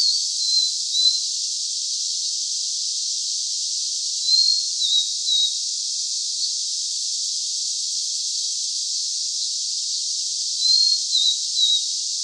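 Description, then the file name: Blue-and-white flycatcher song, a short whistled phrase heard three times against heavy steady hiss. "Cyanoptila cyanomelana"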